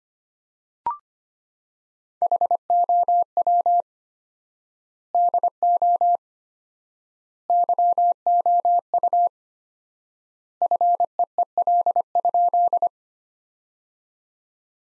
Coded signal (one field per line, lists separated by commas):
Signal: Morse code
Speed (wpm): 25 wpm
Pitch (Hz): 700 Hz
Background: none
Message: HOW DO YOU FEEL?